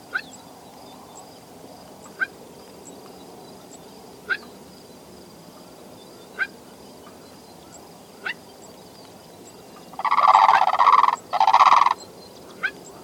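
Bird: sharp ticks about every two seconds over a soft hiss, with two loud rattling bursts near the end.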